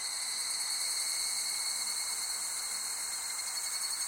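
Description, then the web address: Insects in a dense summer chorus, a steady high shrill band of overlapping buzzy trills with no breaks. Summer ambience of insects in Japan. "Sound Effects-Foundation 1 AMBIENCE JAPANESE SUMMER INSECTS"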